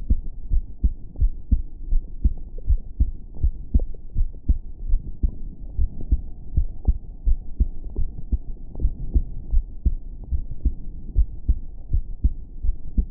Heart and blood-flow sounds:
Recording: heart sounds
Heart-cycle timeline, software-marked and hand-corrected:
0.00	0.10	systole
0.10	0.20	S2
0.20	0.52	diastole
0.52	0.64	S1
0.64	0.82	systole
0.82	0.92	S2
0.92	1.20	diastole
1.20	1.32	S1
1.32	1.50	systole
1.50	1.60	S2
1.60	1.90	diastole
1.90	2.02	S1
2.02	2.22	systole
2.22	2.34	S2
2.34	2.68	diastole
2.68	2.80	S1
2.80	3.00	systole
3.00	3.10	S2
3.10	3.42	diastole
3.42	3.54	S1
3.54	3.74	systole
3.74	3.84	S2
3.84	4.18	diastole
4.18	4.30	S1
4.30	4.50	systole
4.50	4.58	S2
4.58	4.88	diastole
4.88	5.00	S1
5.00	5.24	systole
5.24	5.36	S2
5.36	5.76	diastole
5.76	5.88	S1
5.88	6.10	systole
6.10	6.20	S2
6.20	6.56	diastole
6.56	6.68	S1
6.68	6.86	systole
6.86	6.96	S2
6.96	7.26	diastole
7.26	7.38	S1
7.38	7.58	systole
7.58	7.68	S2
7.68	7.98	diastole
7.98	8.10	S1
8.10	8.32	systole
8.32	8.42	S2
8.42	8.80	diastole
8.80	8.92	S1
8.92	9.14	systole
9.14	9.24	S2
9.24	9.52	diastole
9.52	9.64	S1
9.64	9.86	systole
9.86	9.98	S2
9.98	10.32	diastole
10.32	10.44	S1
10.44	10.64	systole
10.64	10.76	S2
10.76	11.16	diastole
11.16	11.28	S1
11.28	11.48	systole
11.48	11.58	S2
11.58	11.92	diastole
11.92	12.04	S1
12.04	12.22	systole
12.22	12.32	S2
12.32	12.64	diastole
12.64	12.76	S1
12.76	12.96	systole
12.96	13.06	S2
13.06	13.11	diastole
From the record:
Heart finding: normal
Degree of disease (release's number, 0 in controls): 0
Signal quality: good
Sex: female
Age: 18 years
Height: 1.68 m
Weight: 55 kg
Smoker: yes

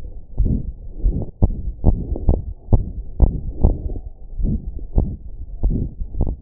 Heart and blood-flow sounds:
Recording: heart sounds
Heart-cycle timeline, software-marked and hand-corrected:
0.00	0.39	diastole
0.39	0.51	S1
0.51	0.66	systole
0.66	0.77	S2
0.77	1.02	diastole
1.02	1.11	S1
1.11	1.22	systole
1.22	1.30	S2
1.30	1.42	diastole
1.42	1.51	S1
1.51	1.64	systole
1.64	1.74	S2
1.74	1.83	diastole
1.83	1.96	S1
1.96	2.07	systole
2.07	2.15	S2
2.15	2.28	diastole
2.28	2.38	S1
2.38	2.48	systole
2.48	2.55	S2
2.55	2.69	diastole
2.69	2.80	S1
2.80	2.97	systole
2.97	3.04	S2
3.04	3.19	diastole
3.19	3.27	S1
3.27	3.40	systole
3.40	3.48	S2
3.48	3.62	diastole
3.62	3.71	S1
3.71	3.88	systole
3.88	3.97	S2
3.97	4.39	diastole
4.39	4.52	S1
4.52	4.66	systole
4.66	4.75	S2
4.75	4.96	diastole
4.96	5.07	S1
5.07	5.23	systole
5.23	5.35	S2
5.35	5.61	diastole
5.61	5.73	S1
5.73	5.93	systole
5.93	6.03	S2
6.03	6.17	diastole
6.17	6.34	S1
6.34	6.42	systole
From the record:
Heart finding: aortic stenosis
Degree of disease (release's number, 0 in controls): 4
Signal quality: good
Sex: female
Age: 77 years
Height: 1.55 m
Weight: 62 kg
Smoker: no

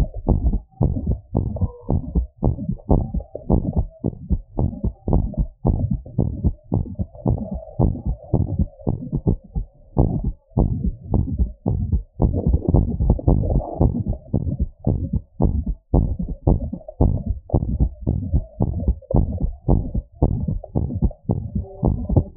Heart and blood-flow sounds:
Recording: heart sounds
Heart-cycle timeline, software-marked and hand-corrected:
0.00	0.09	S2
0.09	0.27	diastole
0.27	0.39	S1
0.39	0.45	systole
0.45	0.61	S2
0.61	0.81	diastole
0.81	0.93	S1
0.93	1.05	systole
1.05	1.17	S2
1.17	1.35	diastole
1.35	1.47	S1
1.47	1.61	systole
1.61	1.71	S2
1.71	1.91	diastole
1.91	2.03	S1
2.03	2.17	systole
2.17	2.27	S2
2.27	2.45	diastole
2.45	2.55	S1
2.55	2.67	systole
2.67	2.75	S2
2.75	2.91	diastole
2.91	3.05	S1
3.05	3.17	systole
3.17	3.29	S2
3.29	3.49	diastole
3.49	3.61	S1
3.61	3.77	systole
3.77	3.87	S2
3.87	4.05	diastole
4.05	4.15	S1
4.15	4.31	systole
4.31	4.41	S2
4.41	4.59	diastole
4.59	4.71	S1
4.71	4.85	systole
4.85	4.93	S2
4.93	5.09	diastole
5.09	5.23	S1
5.23	5.39	systole
5.39	5.49	S2
5.49	5.65	diastole
5.65	5.77	S1
5.77	5.91	systole
5.91	6.01	S2
6.01	6.19	diastole
6.19	6.31	S1
6.31	6.43	systole
6.43	6.53	S2
6.53	6.73	diastole
6.73	6.85	S1
6.85	7.01	systole
7.01	7.09	S2
7.09	7.27	diastole
7.27	7.39	S1
7.39	7.53	systole
7.53	7.63	S2
7.63	7.81	diastole
7.81	7.93	S1
7.93	8.07	systole
8.07	8.17	S2
8.17	8.35	diastole
8.35	8.47	S1
8.47	8.61	systole
8.61	8.73	S2
8.73	8.93	diastole
8.93	9.07	S1
9.07	9.25	systole
9.25	9.37	S2
9.37	9.55	diastole
9.55	9.65	S1
9.65	9.77	systole
9.77	9.83	S2
9.83	9.99	diastole
9.99	10.13	S1
10.13	10.27	systole
10.27	10.37	S2
10.37	10.57	diastole
10.57	10.69	S1
10.69	10.83	systole
10.83	10.95	S2
10.95	11.13	diastole
11.13	11.25	S1
11.25	11.41	systole
11.41	11.51	S2
11.51	11.67	diastole
11.67	11.79	S1
11.79	11.91	systole
11.91	12.03	S2
12.03	12.21	diastole
12.21	12.33	S1
12.33	12.47	systole
12.47	12.61	S2
12.61	12.75	diastole
12.75	12.89	S1
12.89	13.01	systole
13.01	13.17	S2
13.17	13.31	diastole
13.31	13.41	S1
13.41	13.49	systole
13.49	13.63	S2
13.63	13.79	diastole
13.79	13.93	S1
13.93	14.07	systole
14.07	14.17	S2
14.17	14.35	diastole
14.35	14.45	S1
14.45	14.59	systole
14.59	14.69	S2
14.69	14.87	diastole
14.87	15.01	S1
15.01	15.15	systole
15.15	15.23	S2
15.23	15.41	diastole
15.41	15.53	S1
15.53	15.65	systole
15.65	15.75	S2
15.75	15.93	diastole
15.93	16.09	S1
16.09	16.21	systole
16.21	16.31	S2
16.31	16.47	diastole
16.47	16.59	S1
16.59	16.71	systole
16.71	16.81	S2
16.81	17.01	diastole
17.01	17.15	S1
17.15	17.29	systole
17.29	17.39	S2
17.39	17.59	diastole
17.59	17.69	S1
17.69	17.81	systole
17.81	17.93	S2
17.93	18.09	diastole
18.09	18.21	S1
18.21	18.33	systole
18.33	18.43	S2
18.43	18.61	diastole
18.61	18.73	S1
18.73	18.85	systole
18.85	18.97	S2
18.97	19.15	diastole
19.15	19.29	S1
19.29	19.43	systole
19.43	19.51	S2
19.51	19.69	diastole
19.69	19.83	S1
19.83	19.97	systole
19.97	20.05	S2
20.05	20.23	diastole
20.23	20.37	S1
20.37	20.49	systole
20.49	20.59	S2
20.59	20.77	diastole
20.77	20.89	S1
20.89	21.03	systole
21.03	21.15	S2
21.15	21.35	diastole
21.35	21.45	S1
21.45	21.57	systole
21.57	21.67	S2
21.67	21.85	diastole
21.85	21.99	S1
21.99	22.11	systole
22.11	22.25	S2
22.25	22.37	diastole
From the record:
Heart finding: normal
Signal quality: good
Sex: female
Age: 83 years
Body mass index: 23.1

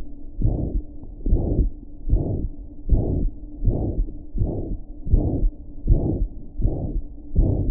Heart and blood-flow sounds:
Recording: heart sounds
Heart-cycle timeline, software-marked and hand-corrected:
0.00	0.02	S2
0.02	0.44	diastole
0.44	0.60	S1
0.60	0.70	systole
0.70	0.82	S2
0.82	1.28	diastole
1.28	1.44	S1
1.44	1.56	systole
1.56	1.70	S2
1.70	2.10	diastole
2.10	2.24	S1
2.24	2.42	systole
2.42	2.52	S2
2.52	2.90	diastole
2.90	3.04	S1
3.04	3.22	systole
3.22	3.34	S2
3.34	3.64	diastole
3.64	3.76	S1
3.76	3.94	systole
3.94	4.04	S2
4.04	4.40	diastole
4.40	4.50	S1
4.50	4.68	systole
4.68	4.78	S2
4.78	5.12	diastole
5.12	5.26	S1
5.26	5.38	systole
5.38	5.50	S2
5.50	5.88	diastole
5.88	6.00	S1
6.00	6.16	systole
6.16	6.28	S2
6.28	6.60	diastole
6.60	6.72	S1
6.72	6.92	systole
6.92	7.02	S2
7.02	7.38	diastole
7.38	7.54	S1
7.54	7.64	systole
7.64	7.71	S2
From the record:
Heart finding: mitral regurgitation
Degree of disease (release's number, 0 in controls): 3 to 4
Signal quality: good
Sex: female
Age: 78 years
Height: 1.6 m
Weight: 85 kg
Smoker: no

